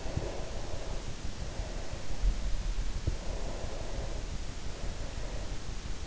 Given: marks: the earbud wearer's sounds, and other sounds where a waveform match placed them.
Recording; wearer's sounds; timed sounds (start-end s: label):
sounds in sleep by an in-ear microphone; breath
0.23-2.31 s: breath
3.35-5.69 s: breath